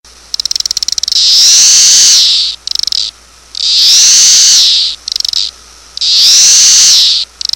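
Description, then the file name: Cicada call: loud, high buzzing drone lasting over a second, repeated three times with stuttering ticks between phrases. "insects cicada"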